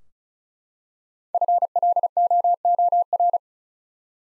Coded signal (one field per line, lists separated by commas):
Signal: Morse code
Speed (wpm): 36 wpm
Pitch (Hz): 700 Hz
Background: none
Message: FLOOR